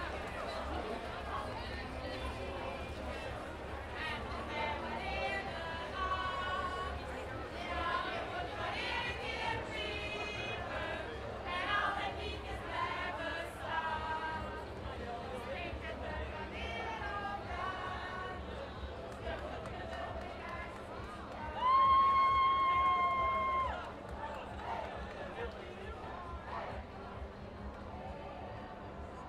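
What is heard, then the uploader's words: A crowd gathers for a traditional goose riding ceremony, many voices talking and calling over one another at a steady, dense level, with a low rumble underneath. Around twenty-two seconds a clear, held whistle-like tone sounds for about two seconds above the chatter. Traditional goose riding ceremony, Belgium. It is mainly goose riding on horseback that is concerned. Recorded by Tony van Dorst.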